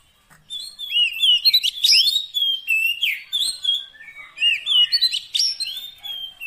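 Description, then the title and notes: Oriental magpie-robin song: loud, varied whistled phrases with rising and falling slurs and sharp chips, delivered in quick bursts with short pauses. Fill-in (isian) song, meant to make the bird sing vigorously day and night. "Kacer Jadi Gacor Siang Malam. Isian Kacer Durasi Panjang"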